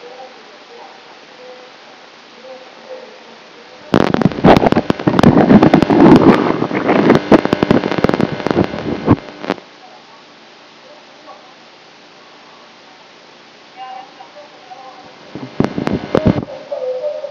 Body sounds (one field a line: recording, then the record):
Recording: brain microelectrode recording played as sound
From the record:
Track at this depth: inside the subthalamic nucleus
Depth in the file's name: 0.061 mm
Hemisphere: right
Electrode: 3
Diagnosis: Parkinson's disease